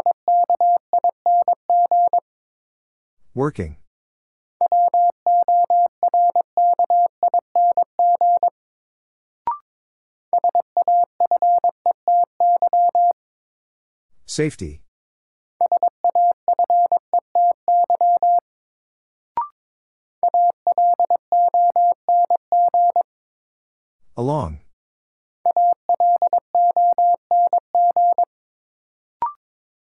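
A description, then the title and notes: A Morse code word beeps out in steady, evenly paced bursts of a single mid-pitched tone, broken by occasional short sweeping swishes and clicks. Sentences from Top 700 Words - New Word Drill - 22wpm. First, the word is sent in Morse code.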